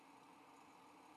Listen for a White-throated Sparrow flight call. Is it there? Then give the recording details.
no. No flight call is heard. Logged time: 06:23 on 5 December 2014